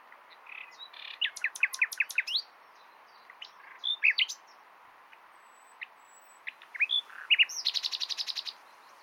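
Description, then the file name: Common nightingale song: staccato clicking notes in quick bursts, scattered whistles, then a fast run of evenly repeated notes, over a faint steady hiss. "Luscinia megarhynchos"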